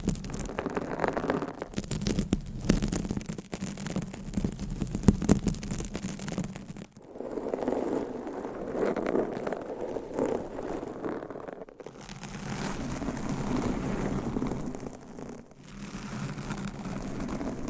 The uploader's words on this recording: ASMR Mic Scratching Brain Scratching with 20 MICS & XXL ULTRA LONG NAILS No Talking.